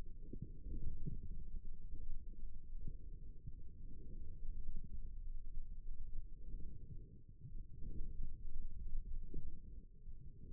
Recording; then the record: forearm muscle sounds (acoustic myography)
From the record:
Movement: forearm supination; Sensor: system 1, eight BSWA MPA416 microphones around the upper forearm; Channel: 2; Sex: male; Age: 28 years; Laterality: right